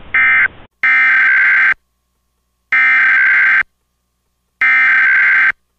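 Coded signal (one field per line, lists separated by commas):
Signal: Emergency Alert System (SAME) tones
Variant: header bursts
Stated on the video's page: Mock test tornado warning using valid EAS tones.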